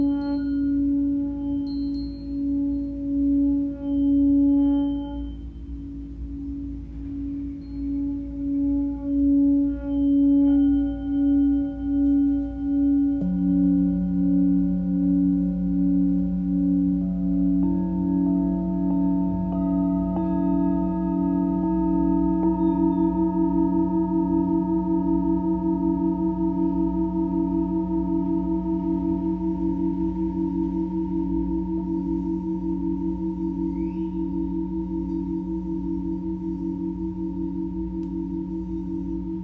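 A Tibetan singing bowl rings in long sustained tones, with a slow beating pulse in the hum that swells and fades every second or so. Around 13 seconds a second, lower bowl joins, and the layered drone thickens and holds steady to the end over a low rumble.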